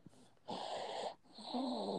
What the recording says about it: Is that my baby snoring? I sleep next to a grown man.